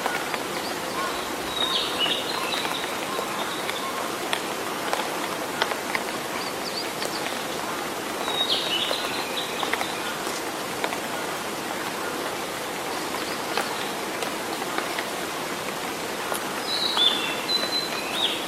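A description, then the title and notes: Steady rain patters densely through a forest, with brief bright bird calls rising around two, eight and seventeen seconds over the hiss. Rainy days in the forest in early summer.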